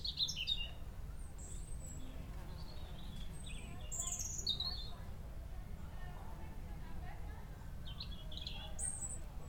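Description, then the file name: Birds singing: brief high whistled notes and chirps, spaced irregularly, against steady low background noise. Birdsong in a garden. "Birdsong Furzey Gardens"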